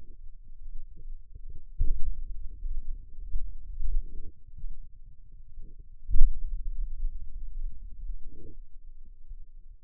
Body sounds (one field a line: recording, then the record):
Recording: forearm muscle sounds (acoustic myography)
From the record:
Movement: hand opening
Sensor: system 2, bracelet of six BSWA MPA416 microphones around the upper forearm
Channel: 6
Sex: male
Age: 22 years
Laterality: right